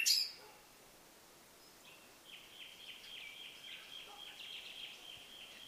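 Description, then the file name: Common nightingale song, a sharp note then a soft, steadily repeated warbling series of fast notes. "Luscinia megarhynchos"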